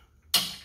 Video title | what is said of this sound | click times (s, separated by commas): SFR Bronco Full Skid Plate set install | and then snaps | 0.3 s